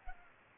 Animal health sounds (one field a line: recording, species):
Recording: mosquito wingbeat signal from an infrared sensor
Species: Culex pipiens